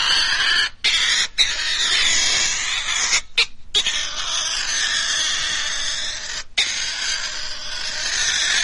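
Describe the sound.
European pine marten producing a continuous harsh, wavering, caterwaul-like screech broken by a few brief pauses.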